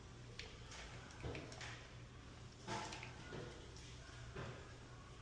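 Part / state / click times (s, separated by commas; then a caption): push-start button assembly into appliance control panel / not seated / none. A repaired push-to-start button assembly is being put back together and pressed toward its mounting in an appliance control panel, with soft handling, sliding and rubbing sounds over a low steady hum. Nothing has seated or clicked yet.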